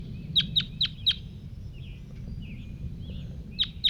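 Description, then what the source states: Red Crossbill calls: four sharp, high kip notes in quick succession, a pause with faint softer chirps, then two more kips, over a low steady rumble. Individual bird 5-3 calling, described as pretty excited, at 9:04 on June 15.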